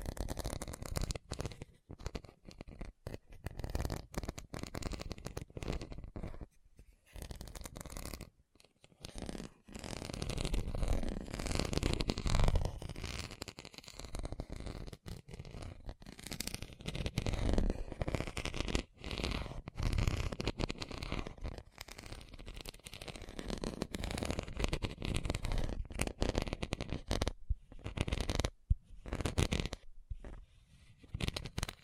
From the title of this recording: ASMR Fast Tapping